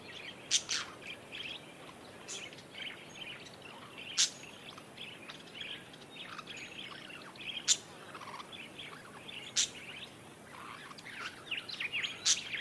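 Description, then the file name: Parakeets calling in a flock: a continuous chatter of sharp, high chirps and short squeaks, with a few louder piercing notes standing out every few seconds. A flock of parakeets calling together. "suara kawanan burung parkit"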